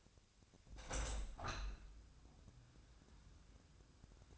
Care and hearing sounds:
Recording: daily activity, microphone in the room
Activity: open window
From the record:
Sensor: 2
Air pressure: 1006.5 hPa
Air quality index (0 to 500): 190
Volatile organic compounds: 11 ppm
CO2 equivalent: 2311 ppm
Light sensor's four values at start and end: 8/20/8/8 and 9/21/9/9

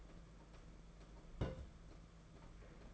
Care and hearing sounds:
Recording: daily activity, microphone in the room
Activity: place on stove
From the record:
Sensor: 5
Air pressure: 992.1 hPa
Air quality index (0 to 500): 210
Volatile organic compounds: 1000 ppm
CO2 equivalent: 6090 ppm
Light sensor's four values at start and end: 7/16/6/7 and 7/16/6/7

